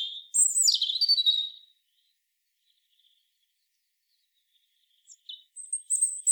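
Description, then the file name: European robin song: one loud, shrill warbled phrase at the start, a long quiet gap, then short high notes returning at the end. "Erithacus rubecula"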